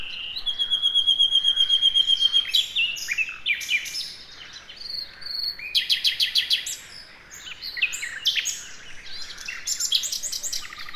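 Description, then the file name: Common nightingale song beginning with a long series of pure piping whistles, followed by fast rattling trills and varied chirped phrases. "Luscinia megarhynchos"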